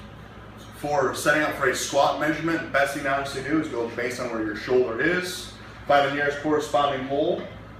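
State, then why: Not seated. A man talks while handling a metal J-hook for the bar beside a steel squat rack upright, setting it up to slide into the upright's holes. The J-hook has not seated or locked into place yet, and no clank is heard.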